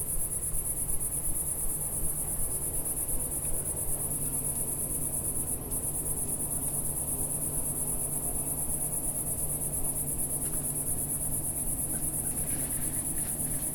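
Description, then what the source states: Cicada producing a steady high buzzing trill over a low hum. Single cicada singing in early evening warmth in a village garden with lavender and myrtle bushes, Picardy, northern France.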